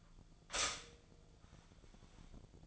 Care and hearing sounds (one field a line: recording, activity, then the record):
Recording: daily activity, microphone in the room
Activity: stop toaster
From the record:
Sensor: 5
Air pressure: 1009.4 hPa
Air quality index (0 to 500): 168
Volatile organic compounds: 4 ppm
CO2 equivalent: 1630 ppm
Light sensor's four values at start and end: 90/238/97/102 and 90/238/97/102